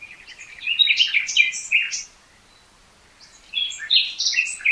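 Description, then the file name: Common nightingale song: two bursts of rich, rapid, varied notes, whistled and scratchy, with a silent gap between. "Luscinia megarhynchos"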